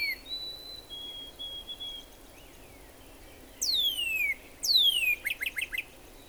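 Northern cardinal song: faint thin whistles early on, then two loud long whistles dropping steeply in pitch, ending with a quick burst of short repeated chips.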